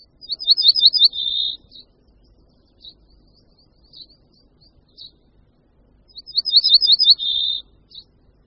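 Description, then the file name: Ortolan bunting song: a quick run of high ringing notes, then a lower drawn-out note. The phrase comes twice, about six seconds apart, with soft single notes between. Song of only 3–4 softer, slower notes, final note clearly falling, sounding melancholy; very rare in the Czech Republic; migratory, arriving April–May, leaving for sub-Saharan Africa late August–September. "Strnad-zahradní"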